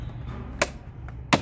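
A plastic lower dashboard trim panel under the steering column of a Kia Sportage is pressed at its bottom right corner, where it hooks into the side trim near the door frame. Two sharp plastic clicks at 0.6 s and 1.3 s mark the clips snapping home, with a faint tick at 1.1 s between them. The panel is fully seated in the dashboard and side trim.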